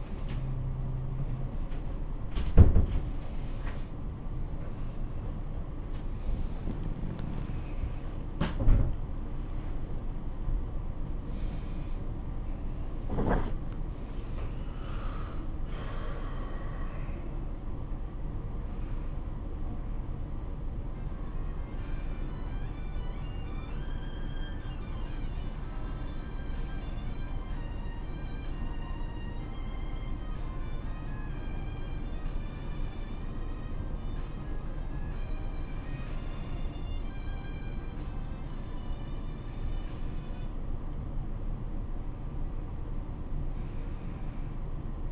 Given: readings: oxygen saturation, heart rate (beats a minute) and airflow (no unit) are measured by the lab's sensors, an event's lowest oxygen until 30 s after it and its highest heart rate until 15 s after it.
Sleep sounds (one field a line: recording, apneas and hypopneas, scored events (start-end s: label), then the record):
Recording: a person awake in a sleep study, by a smartphone at the bedside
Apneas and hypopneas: none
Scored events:
0.00-45.12 s: awake
From the record:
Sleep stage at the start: awake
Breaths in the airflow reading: 16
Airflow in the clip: -0.7 to 0.8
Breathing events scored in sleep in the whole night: 403 in 5.5 hours asleep